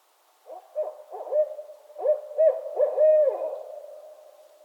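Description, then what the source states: Barred owl calls: excited hoots with upward and downward slurs, growing louder toward the middle before tailing off. Owls calling during mating season in northern Michigan.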